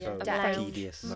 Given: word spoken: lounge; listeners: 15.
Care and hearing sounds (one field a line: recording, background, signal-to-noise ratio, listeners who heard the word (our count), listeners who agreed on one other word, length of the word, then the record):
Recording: one English word in noise, from a listening test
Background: four-talker babble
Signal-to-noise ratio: -2.5 dB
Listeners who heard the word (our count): 0 of 15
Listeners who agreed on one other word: 6 of 15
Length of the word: 0.75 s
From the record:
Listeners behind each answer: 6, 1, 1, 1, 1, 1, 1, 1, 1, 1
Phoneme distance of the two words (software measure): 47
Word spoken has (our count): 1 syllable, 4 phonemes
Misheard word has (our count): 2 syllables, 5 phonemes, stress on syllable 2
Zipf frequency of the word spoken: 4.19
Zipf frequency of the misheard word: 3.82